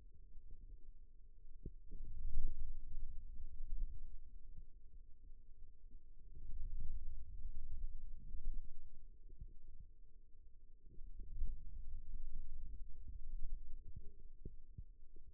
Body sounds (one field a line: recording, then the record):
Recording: forearm muscle sounds (acoustic myography)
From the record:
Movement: radial deviation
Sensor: system 2, bracelet of six BSWA MPA416 microphones around the upper forearm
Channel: 3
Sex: male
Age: 22 years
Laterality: right